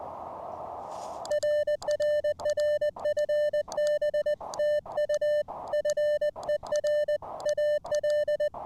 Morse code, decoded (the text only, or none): RRR FB TU FER AL